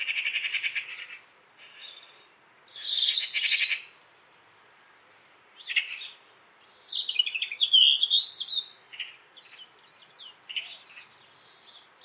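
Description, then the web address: Bird calls: harsh, noisy bursts high in pitch, then a quick run of rising and falling whistled notes, with softer chirps scattered between. "cianscape birddata Deverinetal"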